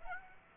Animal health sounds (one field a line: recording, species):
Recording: mosquito wingbeat signal from an infrared sensor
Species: Aedes aegypti